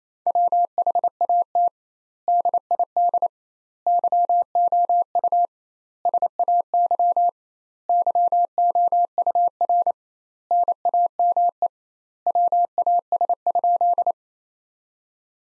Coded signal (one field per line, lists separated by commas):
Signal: Morse code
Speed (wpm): 27 wpm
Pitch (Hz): 700 Hz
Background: none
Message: WHAT DID YOU SAY YOUR NAME WAS?